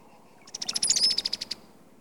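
Brown-headed cowbird call: a quick rattling run of many dry clicks lasting about one second.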